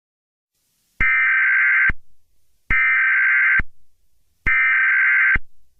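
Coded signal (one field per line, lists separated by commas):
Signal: Emergency Alert System (SAME) tones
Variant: header bursts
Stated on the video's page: Fictional EAS scenario in an animated zombie werewolf story.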